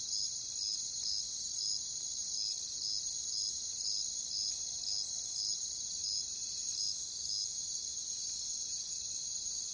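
Crickets chirping: regular high pulses about twice a second over a constant shrill trill; the pulsing stops near the end and the chorus drops slightly.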